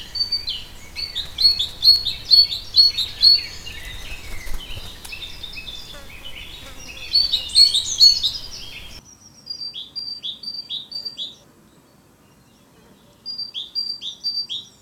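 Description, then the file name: Great tit song of repeated two-note whistled phrases, heard clearly in the second half after a dense chorus of chirping birds. Territorial song of the great tit. "canto territoriale cinciallegra parus major great tit carbonero comun"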